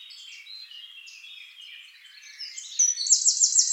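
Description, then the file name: Eurasian wren song: a loud, rapid trill of pulsed notes near the end, following soft twittering. "Troglodytes troglodytes"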